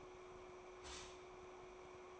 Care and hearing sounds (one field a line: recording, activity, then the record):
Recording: daily activity, microphone in the room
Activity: stop toaster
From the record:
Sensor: 1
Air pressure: 1014.7 hPa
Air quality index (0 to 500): 193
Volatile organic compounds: 29 ppm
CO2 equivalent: 2925 ppm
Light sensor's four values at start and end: 4/9/3/3 and 4/9/3/3